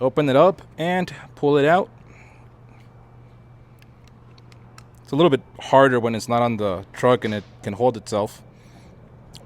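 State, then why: Seated. Someone talks while working the hinged latch on a windshield wiper arm removed from a Ford truck, held upside down, with a few faint ticks of handling between about 3.8 and 5.0 seconds. One short, sharp click at 9.4 seconds marks the latch locking in the open position.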